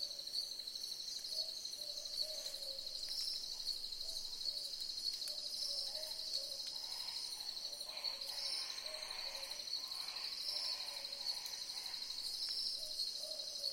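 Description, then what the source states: Boobook owls calling in a chorus, soft low hoots repeated many times beneath a loud, steady high insect drone. Several boobook owls calling together in a chorus.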